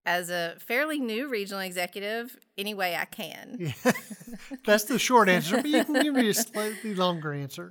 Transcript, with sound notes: As a fairly new regional executive, any way I can. [laughter]
That's the short answer, but you can give me a slightly longer answer?